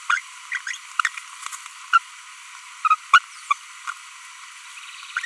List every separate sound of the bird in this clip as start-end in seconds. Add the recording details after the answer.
0.10-0.19, 0.52-0.57, 1.05-1.08, 1.93-1.98, 2.85-2.95, 3.14-3.18, 3.51-3.53, 5.17-5.19, 5.24-5.25. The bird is a female. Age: 25 days. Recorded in a nest box in Venezuela. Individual 17B42B1